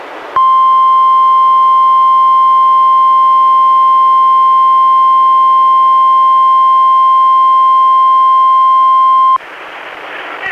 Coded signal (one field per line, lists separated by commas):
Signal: Emergency Alert System (SAME) tones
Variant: 1050 Hz attention tone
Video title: EAS #102-104: 3 NWR Required Weekly Tests- Mar. 16-30, 2016